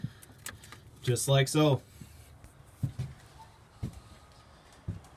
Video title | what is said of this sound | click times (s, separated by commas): 19CB Adrenaline demo | that it locks into place just like | 0.5 s